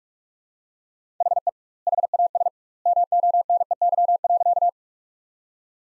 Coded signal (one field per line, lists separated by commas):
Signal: Morse code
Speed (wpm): 46 wpm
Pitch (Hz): 700 Hz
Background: none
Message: HE HAS MONEY.